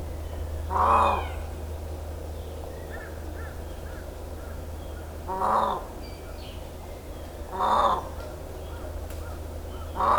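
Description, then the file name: Indian peafowl uttering loud, nasal, wailing honks at uneven intervals, with soft bird chirps between them and a low steady hum throughout. Recorded on Miyakojima, Japan, on 13 April 2017. "indokujaku miyakojima uemurashingo"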